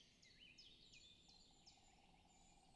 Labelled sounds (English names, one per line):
Common Chiffchaff